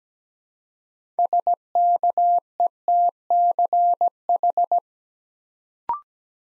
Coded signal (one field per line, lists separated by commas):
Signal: Morse code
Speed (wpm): 17 wpm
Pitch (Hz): 700 Hz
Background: none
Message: SKETCH